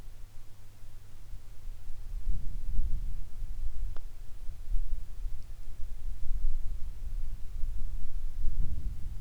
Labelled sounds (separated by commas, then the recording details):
songbird, wind
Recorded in the Arctic National Wildlife Refuge, Alaska, on 22 July 2019 at 15:43
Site 41